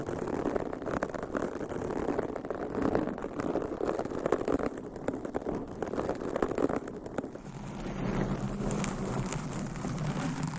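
Dense, rapid scratching against a microphone, a continuous rough crackle heavy in the lows, shifting after seven seconds to a smoother, deeper rumbling rub.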